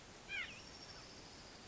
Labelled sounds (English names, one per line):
White-breasted Nuthatch